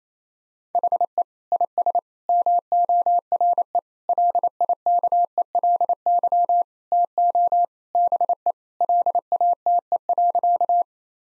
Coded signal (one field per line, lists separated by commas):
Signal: Morse code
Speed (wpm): 28 wpm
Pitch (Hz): 700 Hz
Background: none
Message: HE IS MORE LIKELY TO BE LATE.